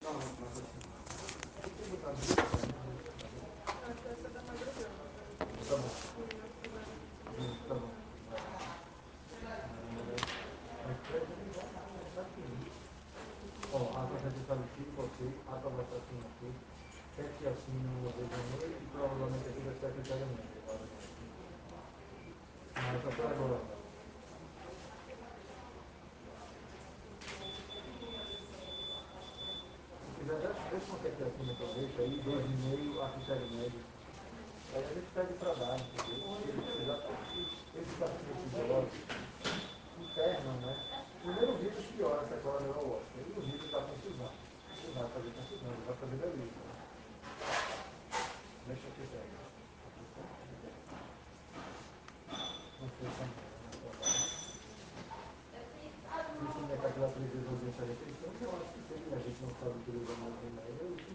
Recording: hospital ward noise